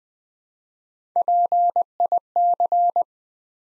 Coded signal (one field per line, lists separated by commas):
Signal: Morse code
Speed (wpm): 20 wpm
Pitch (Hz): 700 Hz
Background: none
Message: PIC